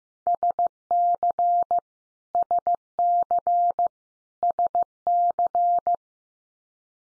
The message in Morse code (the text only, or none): SC SC SC